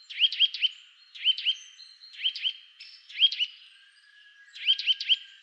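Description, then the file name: Eurasian nuthatch calls: several clusters of two to four sharp, rising notes, repeated about once a second. "Sitta europaea"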